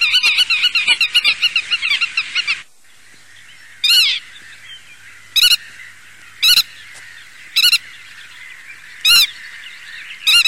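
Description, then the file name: Black-tailed godwit: a fast rattling run of notes at the start, then several loud, ringing, wavering calls. "PITTIMA"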